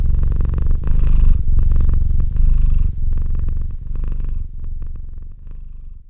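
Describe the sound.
Domestic cat purr, deep continuous rumble with rhythmic breath cycles and soft hissy bursts on the inhalations, fading slightly toward the end.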